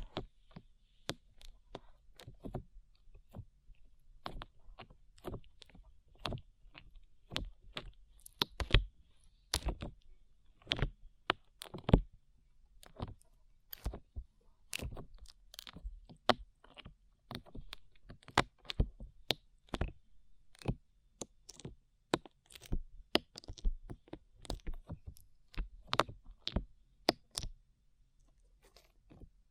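Sticky slime gives off a steady run of sharp pops and clicks, crackling like fast typing. The snaps come irregularly, several each second, some louder than others, for the full half minute over a low, quiet rumble.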